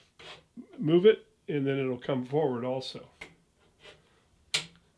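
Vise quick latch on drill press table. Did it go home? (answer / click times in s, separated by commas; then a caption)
yes / 4.5 s. Someone talks while a floating vise is moved on a drill press table, then its quick latch is engaged. A sharp metallic click sounds at about 4.6 seconds as the quick latch locks the vise in place.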